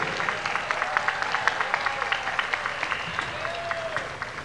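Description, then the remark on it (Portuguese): An audience at a solemn session of the municipal council applauds steadily to welcome council president Cabo Linhares, a dense patter of many hands clapping at an even level for several seconds, with a faint murmur of voices underneath. “Vamos receber com uma salva de palmas o presidente da Câmara Municipal, vereador Cabo Linhares.”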